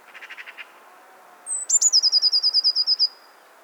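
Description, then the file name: Eurasian blue tit giving one high thin note followed by a rapid ringing trill, preceded by a short burst of soft lower chattering notes. "Cyanistes caeruleus"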